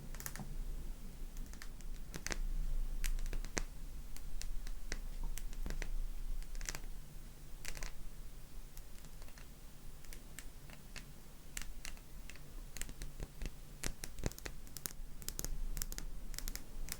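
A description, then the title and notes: Quick, irregular tapping like fingers on keys, sharp clicks arriving in bursts throughout over a steady low hum and faint background hiss. ASMRMystic 7 Tapping.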